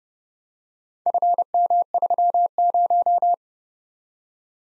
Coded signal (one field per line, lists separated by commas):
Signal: Morse code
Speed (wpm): 30 wpm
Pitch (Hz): 700 Hz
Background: none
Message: FM30